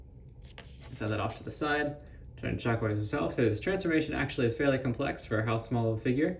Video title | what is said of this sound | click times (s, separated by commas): Studio Series Core Class Shockwave Review | and it actually does lock into place very nicely. | 0.6 s